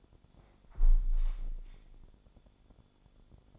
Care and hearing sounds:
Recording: daily activity, microphone in the room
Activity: close window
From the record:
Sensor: 5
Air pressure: 1015.0 hPa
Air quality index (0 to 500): 108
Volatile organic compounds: 2 ppm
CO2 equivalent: 1161 ppm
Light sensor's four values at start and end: 35/81/33/31 and 35/81/33/31

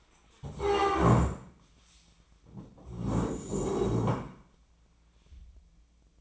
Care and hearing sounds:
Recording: daily activity, microphone in the room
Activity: stand up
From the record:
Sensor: 1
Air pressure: 1012.3 hPa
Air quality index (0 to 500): 172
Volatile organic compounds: 3 ppm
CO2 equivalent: 1413 ppm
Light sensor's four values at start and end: 42/114/47/56 and 42/114/46/56

